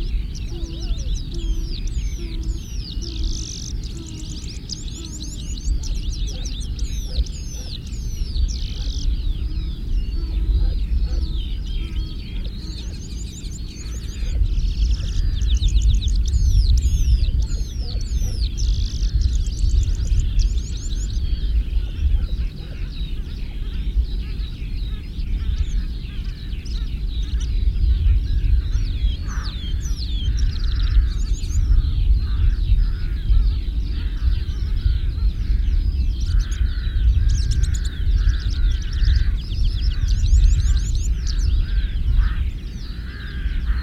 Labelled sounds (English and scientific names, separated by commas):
Red-throated Pipit (Anthus cervinus) song